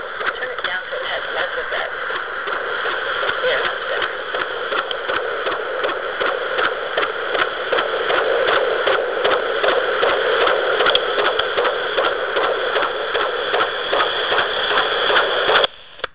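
Rapid, rhythmic whooshing pulses over a steady hiss, about 154 beats a minute, stopping abruptly near the end. A baby's heartbeat at 31 weeks of pregnancy picked up by fetal Doppler, within the usual fetal rate range.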